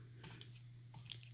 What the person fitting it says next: Hear the click. There we go, and it's ready. It's loaded.